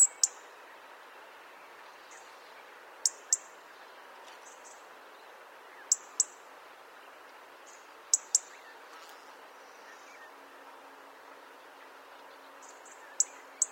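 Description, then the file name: European robin uttering crisp high-pitched ticks, mostly in quick pairs spaced a few seconds apart, with faint softer ticks between and light background hiss. "Erithacus rubecula"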